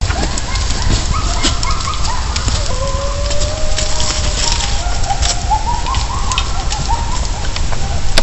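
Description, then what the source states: Wolf: wolves howling: several faint, wavering tonal howls overlap and slide up and down, half buried under loud, steady low rumbling noise with scattered crackles and clicks. Several wolves at Loon Lake.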